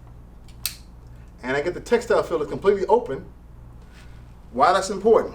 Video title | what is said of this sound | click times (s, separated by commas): How to open up your pocket folder knives under stress. | to open it up. I still get the audible clicking, | 0.7 s